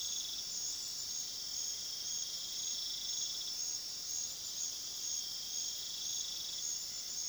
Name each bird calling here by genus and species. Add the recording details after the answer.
none. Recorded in pastures near Puerto Asís, Putumayo, Colombia, on 20 February 2024 at 21:30. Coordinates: 0.497, -76.327. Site G7276